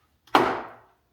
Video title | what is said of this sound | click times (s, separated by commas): Why These 3rd Gen 4Runner Headlights Had to Go! | You'll hear it pop. | 0.4 s